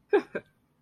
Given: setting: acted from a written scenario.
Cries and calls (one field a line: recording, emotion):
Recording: vocal sound without words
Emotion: pride